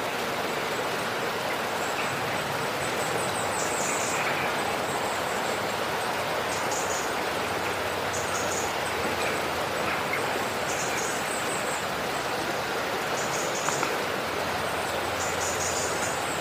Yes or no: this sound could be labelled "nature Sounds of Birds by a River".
yes